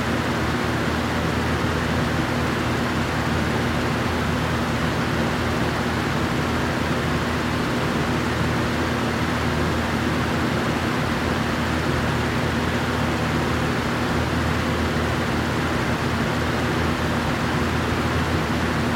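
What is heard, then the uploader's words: A fan runs without pause, a dense, steady rush of air that never rises or falls across the whole stretch. The sound is full, weighted toward a low hum with a few faint steady tones underneath, while the airy hiss on top stays soft. Fan Noise (Sleep Or Study) White Noise.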